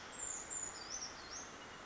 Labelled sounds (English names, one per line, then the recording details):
Brown Creeper
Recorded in Sonoma County, California